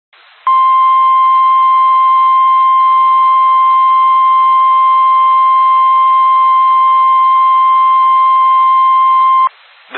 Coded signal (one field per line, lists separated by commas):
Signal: Emergency Alert System (SAME) tones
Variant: 1050 Hz attention tone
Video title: FLASH FLOOD WARNING (EAS ALERT 152)